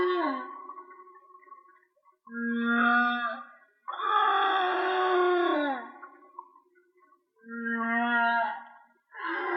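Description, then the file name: Whale song with stacked harmonic moans, low steady tones and longer warbling wails, phrases following each other with brief silences between them. "Whale Song-colin"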